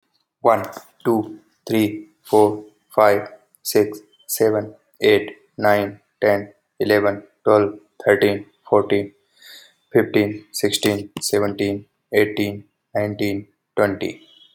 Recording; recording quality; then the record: counting at a normal pace; excellent, no background noise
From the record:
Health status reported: healthy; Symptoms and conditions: none ticked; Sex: male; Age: 29 years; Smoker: not ticked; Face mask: not worn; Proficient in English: yes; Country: India